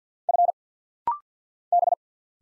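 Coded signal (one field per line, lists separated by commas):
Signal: Morse code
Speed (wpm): 48 wpm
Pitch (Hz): 700 Hz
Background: none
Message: F B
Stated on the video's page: Rapid-fire Morse drill at 50 wpm of single letters, numbers, punctuation and prosigns; each sent in Morse, spoken, then sent again.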